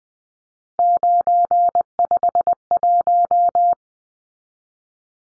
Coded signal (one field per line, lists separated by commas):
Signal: Morse code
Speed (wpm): 20 wpm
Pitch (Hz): 700 Hz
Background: none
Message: 951